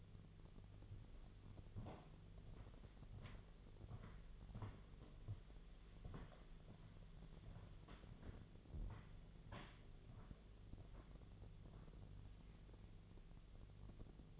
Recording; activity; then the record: daily activity, microphone in the room; walk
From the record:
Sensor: 4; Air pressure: 1009.2 hPa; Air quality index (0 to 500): 172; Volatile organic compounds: 5 ppm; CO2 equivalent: 1732 ppm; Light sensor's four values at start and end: 25/78/30/29 and 25/78/30/29